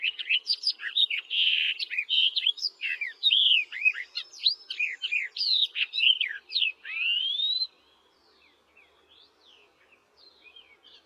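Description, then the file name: Barred warbler singing a long, hurried scratchy warble of mixed chatter and slurred notes, ending in a rising whistle before fading into faint background twitters. "barredw nisoria"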